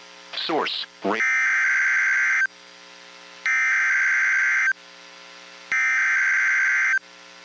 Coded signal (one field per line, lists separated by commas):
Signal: Emergency Alert System (SAME) tones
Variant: header bursts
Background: speech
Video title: [MILESTONE] SVR for parts of Tennessee (EAS 100!!!!!!!!!!!)